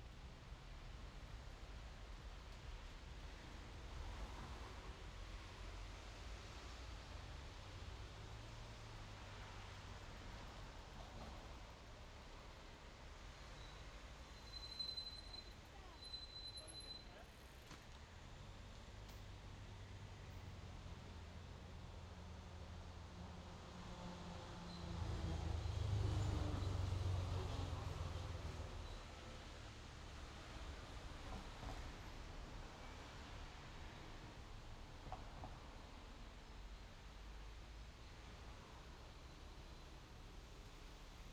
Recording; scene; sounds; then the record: everyday scene through a hearing-aid microphone; in traffic; traffic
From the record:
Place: main road on the outskirts, rush hour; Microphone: in the ear canal, left